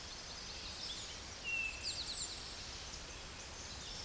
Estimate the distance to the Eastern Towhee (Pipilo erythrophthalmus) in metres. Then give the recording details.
about 35 m. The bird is about 10 m below the microphone. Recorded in a Pennsylvania forest on 16 May 2024 at 08:25. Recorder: AudioMoth, point MSD-1849. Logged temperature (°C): 12.1 °C. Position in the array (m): 2 m, 43 m